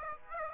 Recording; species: mosquito wingbeat signal from an infrared sensor; Aedes aegypti